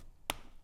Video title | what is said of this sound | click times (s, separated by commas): Traxxas SLEDGE - HobbyWing MAX8 **UPGRADE** | Like that. You hear that pop? That's in there. | 0.3 s